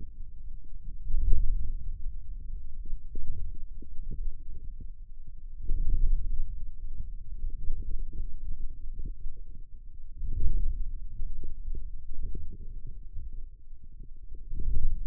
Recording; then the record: forearm muscle sounds (acoustic myography)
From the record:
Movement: ulnar deviation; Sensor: system 2, bracelet of six BSWA MPA416 microphones around the upper forearm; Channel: 6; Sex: male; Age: 22 years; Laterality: right